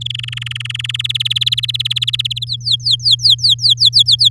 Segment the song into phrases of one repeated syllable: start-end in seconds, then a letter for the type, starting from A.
0.01-0.96 A, 0.99-2.45 B, 2.47-4.29 C